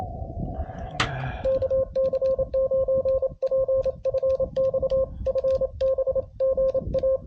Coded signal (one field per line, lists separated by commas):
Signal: Morse code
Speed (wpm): 28 wpm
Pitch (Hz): 530 Hz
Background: radio noise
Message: KC9PFX FB GA